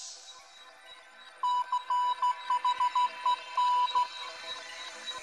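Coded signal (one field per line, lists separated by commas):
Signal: Morse code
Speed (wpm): 14 wpm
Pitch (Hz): 990 Hz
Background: music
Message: CHEN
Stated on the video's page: Morse rhythm for C H E N used as a musical theme in a live Electone concert performance.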